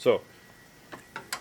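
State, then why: Not seated. Someone talks briefly as the low-side hose quick coupler of an AC gauge set, its metal collar pulled back, is handled at a car's low-side service fitting. Three short, sharp handling ticks follow at about 0.9, 1.2 and 1.3 s. The coupler has not seated and the collar has not clicked into place yet.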